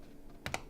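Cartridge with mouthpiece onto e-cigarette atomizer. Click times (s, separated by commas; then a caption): 0.5 s. An e-cigarette cartridge with mouthpiece is slid over the top of the assembled battery and atomizer of a Super RN4081 PCC. Two short, sharp clicks at 0.5 s and 0.5 s stand out against a quiet background. The cartridge and mouthpiece click into place, and the device is fully assembled.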